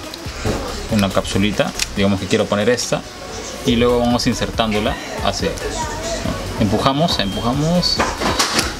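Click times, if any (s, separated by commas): 8.4 s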